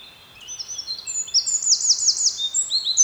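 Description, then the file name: Eurasian wren song fragment, very high sharp notes with a short rattling trill in the middle. "Troglodytes troglodytes"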